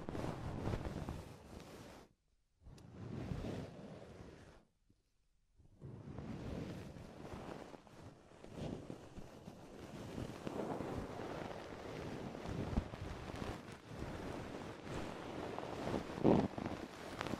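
An ear exploration of dense, muffled rubbing and rustling that rushes like wind against the microphone, mostly low and full. The sound cuts out completely twice, near two and five seconds, then returns steadily, with a brief squeaky pitch near sixteen seconds.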